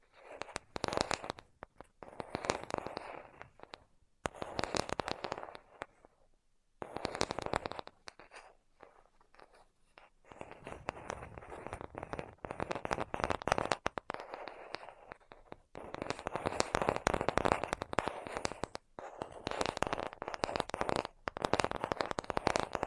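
Dense, crackly tapping in bursts of a few seconds, broken by short silences, with sharp clicks scattered through the quieter stretches.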